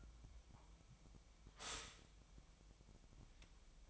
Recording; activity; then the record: daily activity, microphone in the room; stop toaster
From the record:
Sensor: 1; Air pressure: 1002.0 hPa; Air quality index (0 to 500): 240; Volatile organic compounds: 44 ppm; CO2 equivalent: 3214 ppm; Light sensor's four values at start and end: 10/35/12/14 and 10/35/12/14